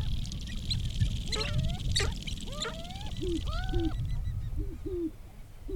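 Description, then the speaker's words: Sharp-tailed grouse lek calls: several drawn-out rising notes, then short, hooked clucking notes, over steady low wind rumble and a high hiss. Lekking display in tall prairie grasslands at Wainwright, Alberta. "Yes, so in Wainwright, in the tall prairie grasslands, listening to a sharp-tailed grouse do a little bit of lekking."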